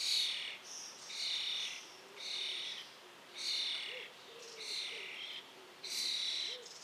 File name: Star - Common Starling - Sturnus vulgaris vulgaris